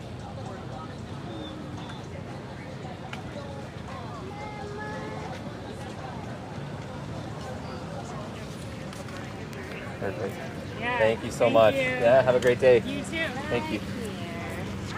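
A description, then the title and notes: People talk at an outdoor farmers market, a steady murmur of many voices filling the background. From about ten to thirteen seconds a voice rises clearly above the crowd, louder and brighter, before the chatter settles back to an even hum. Uptown Farmer’s Market Solo Run on a very hot Saturday morning in Phoenix Arizona. Farmers market. People talking. Turning out to be a record-breaking average temp above 110 degrees Fahrenheit, 43 degrees Celsius.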